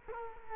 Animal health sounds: mosquito wingbeat signal from an infrared sensor; Culex quinquefasciatus

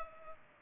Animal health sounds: mosquito wingbeat signal from an infrared sensor; Culex pipiens

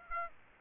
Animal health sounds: mosquito wingbeat signal from an infrared sensor; Aedes aegypti

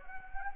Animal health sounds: mosquito wingbeat signal from an infrared sensor; Anopheles gambiae

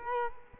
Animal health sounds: mosquito wingbeat signal from an infrared sensor; Culex quinquefasciatus

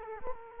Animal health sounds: mosquito wingbeat signal from an infrared sensor; Culex quinquefasciatus

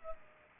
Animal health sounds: mosquito wingbeat signal from an infrared sensor; Culex pipiens

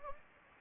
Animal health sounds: mosquito wingbeat signal from an infrared sensor; Anopheles gambiae

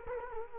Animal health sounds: mosquito wingbeat signal from an infrared sensor; Culex quinquefasciatus

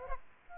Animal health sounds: mosquito wingbeat signal from an infrared sensor; Aedes aegypti

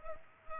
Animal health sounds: mosquito wingbeat signal from an infrared sensor; Culex pipiens

